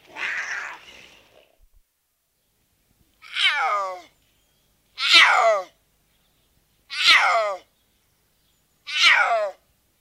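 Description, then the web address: Puma calls: a brief noisy rasp, then four harsh, descending, meow-like cries repeated about every two seconds, with silence between them. Mammal of the South American rainforest. "Natures Songs S America Mammals of the Rainforest Puma"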